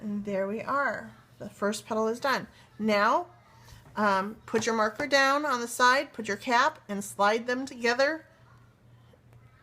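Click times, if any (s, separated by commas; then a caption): none. Someone talks while a plastic cap is slid onto the body of an alcohol marker to join them together, and a faint, brief tap is heard near 9.3 s after the talking ends. The cap has not snapped or seated onto the marker yet.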